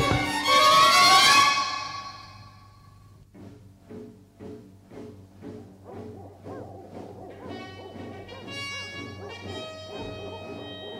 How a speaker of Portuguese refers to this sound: Não pode ser, mas parecem latidos de cães de caça. Os caçadores andavam caçando por trás dos morros. Será que me farejaram estes malditos cachorros? Sim, são eles, vêm chegando.